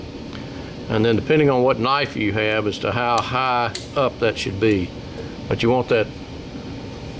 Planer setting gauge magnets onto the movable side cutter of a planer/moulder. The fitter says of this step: and you just place it in the planer so that those click right in.